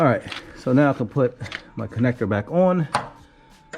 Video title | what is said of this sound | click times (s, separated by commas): 09-14 Acura TL How To Replace The Alternator Easy Step by step install | the alternator all right you heard that click that means it's in there | 3.7 s